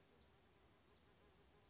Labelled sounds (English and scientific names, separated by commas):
Chestnut-backed Chickadee (Poecile rufescens)